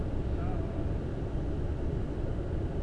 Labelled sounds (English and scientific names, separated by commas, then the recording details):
none
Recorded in Germany
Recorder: ecoPi